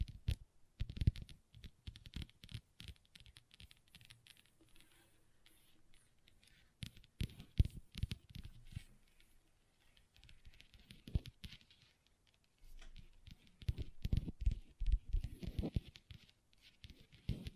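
Long nails tap and scratch on a table in quick, uneven bursts of sharp clicks, some landing with a dull low thud. Busy flurries near the start, around seven to eight seconds, and from thirteen seconds on are broken by quieter gaps of softer scraping.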